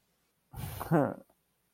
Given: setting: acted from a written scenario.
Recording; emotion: vocal sound without words; embarrassment